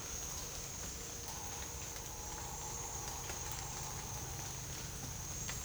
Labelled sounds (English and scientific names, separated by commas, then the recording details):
none
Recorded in secondary vegetation near Puerto Asís, Putumayo, Colombia, on 22 December 2024 at 07:00
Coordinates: 0.484, -76.319
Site GP06